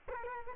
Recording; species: mosquito wingbeat signal from an infrared sensor; Culex quinquefasciatus